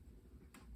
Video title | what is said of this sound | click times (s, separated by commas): Bunn Trifecta MB | the cylinder in and then it locks in place and then you hit the brew button | 0.5 s